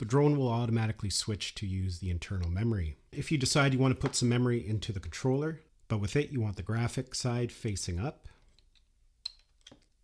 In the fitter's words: and you just press it in until it clicks